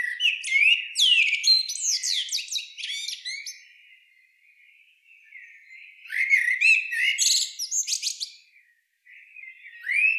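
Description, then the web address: Common blackbird phrases of varied warbled, chattering and squeaky notes in two bursts, one at the start and another after a pause near six seconds, then a final rising note. "SETE data Turdus merula"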